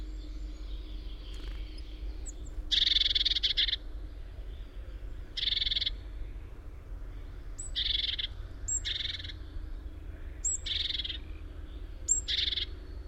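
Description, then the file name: Great tit churring calls: six harsh, buzzy bursts at uneven intervals, several preceded by a short high note, over a steady low hum. "Parus major"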